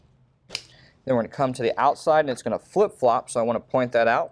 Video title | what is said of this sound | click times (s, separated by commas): Dell PowerEdge R720xd Server Memory Overview & Upgrade - How to Install Memory - Supported DIMMs | and again make sure you hear the clicks | 0.6 s